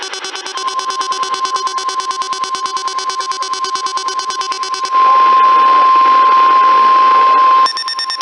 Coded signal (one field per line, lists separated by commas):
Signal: Emergency Alert System (SAME) tones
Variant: 1050 Hz attention tone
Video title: **LATE**... Marching with the EAS... EAS Alerts from 3/4/2020-3/25/2020 (EAS #303-309)